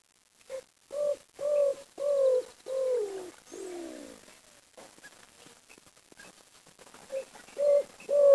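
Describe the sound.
Bird giving soft, low cooing notes, several in a row that slide downward, then a pause with clicks before more coos resume.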